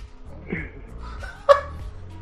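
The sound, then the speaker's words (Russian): A single sharp dog bark stands out midway, loud and abrupt, with a fainter, higher yelp-like sound just before it over a low background murmur. “Кто тебя там лает, блядь? Чё, собаки бёшь, блядь?”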